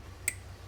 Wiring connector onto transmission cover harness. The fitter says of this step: slide it on till it clicks.